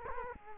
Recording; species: mosquito wingbeat signal from an infrared sensor; Culex quinquefasciatus